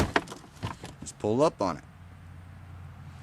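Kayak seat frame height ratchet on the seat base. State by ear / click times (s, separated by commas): seated / 0.2 s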